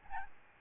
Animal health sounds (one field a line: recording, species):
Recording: mosquito wingbeat signal from an infrared sensor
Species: Aedes albopictus